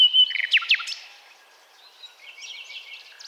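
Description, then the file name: Common nightingale song fragment: a loud whistled note and sharp chirps, then quieter twittering. "Luscinia megarhynchos"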